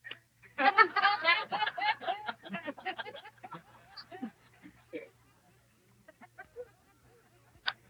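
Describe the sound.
A voice imitates bird calls in a fast run of loud, raspy clucking and squawking bursts, then trails off into scattered faint chirps and a last sharp squeak.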